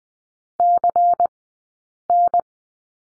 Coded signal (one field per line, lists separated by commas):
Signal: Morse code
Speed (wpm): 20 wpm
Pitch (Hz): 700 Hz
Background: none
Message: CN